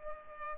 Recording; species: mosquito wingbeat signal from an infrared sensor; Culex pipiens